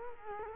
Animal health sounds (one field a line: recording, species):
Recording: mosquito wingbeat signal from an infrared sensor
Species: Culex quinquefasciatus